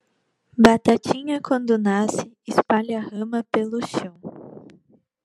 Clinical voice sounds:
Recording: short text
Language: Brazilian Portuguese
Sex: female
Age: 20 to 29 years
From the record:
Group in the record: control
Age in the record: 21 years

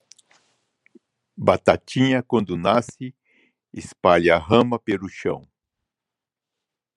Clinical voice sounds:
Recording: short text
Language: Brazilian Portuguese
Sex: male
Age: 60 to 69 years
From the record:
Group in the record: control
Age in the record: 68 years

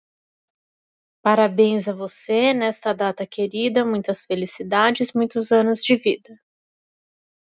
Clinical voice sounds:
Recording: short text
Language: Brazilian Portuguese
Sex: female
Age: 40 to 49 years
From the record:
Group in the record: control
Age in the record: 48 years

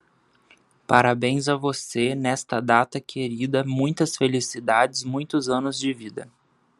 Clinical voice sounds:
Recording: short text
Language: Brazilian Portuguese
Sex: male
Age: 20 to 29 years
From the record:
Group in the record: control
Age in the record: 28 years

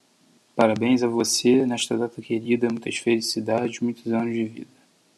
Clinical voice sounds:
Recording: short text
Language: Brazilian Portuguese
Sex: male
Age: 20 to 29 years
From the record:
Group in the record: control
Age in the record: 27 years

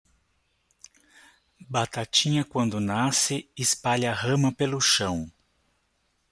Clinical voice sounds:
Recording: short text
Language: Brazilian Portuguese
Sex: male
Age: 40 to 49 years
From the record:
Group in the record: control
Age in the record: 47 years

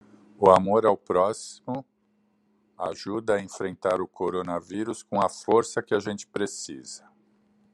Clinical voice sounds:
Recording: spoken sentence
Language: Brazilian Portuguese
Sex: male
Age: 50 to 59 years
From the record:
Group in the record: control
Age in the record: 58 years

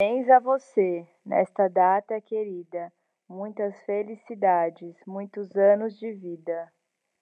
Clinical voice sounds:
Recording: short text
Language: Brazilian Portuguese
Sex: female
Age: 30 to 39 years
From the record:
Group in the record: control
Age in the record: 30 years

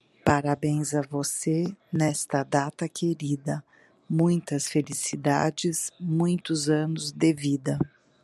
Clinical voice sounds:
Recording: short text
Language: Brazilian Portuguese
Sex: female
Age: 50 to 59 years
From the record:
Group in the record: control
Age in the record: 59 years

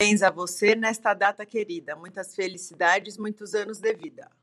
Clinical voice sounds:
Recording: short text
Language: Brazilian Portuguese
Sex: female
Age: 40 to 49 years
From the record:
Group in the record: control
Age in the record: 44 years

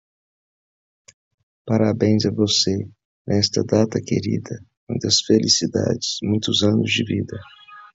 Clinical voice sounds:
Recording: short text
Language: Brazilian Portuguese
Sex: male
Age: 30 to 39 years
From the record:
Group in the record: control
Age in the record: 39 years

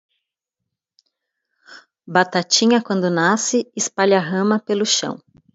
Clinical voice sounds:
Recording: short text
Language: Brazilian Portuguese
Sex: female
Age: 40 to 49 years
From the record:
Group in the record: control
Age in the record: 46 years

